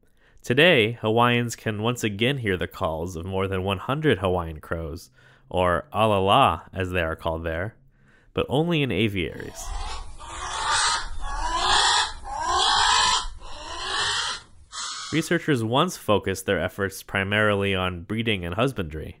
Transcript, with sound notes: Today, Hawaiians can once again hear the calls of more than one hundred Hawaiian crows – or 'alalā, as it is called there – but only in aviaries. [aviary crow call] Researchers once focused their efforts primarily on breeding and husbandry.